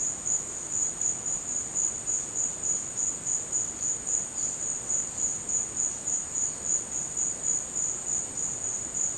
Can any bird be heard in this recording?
no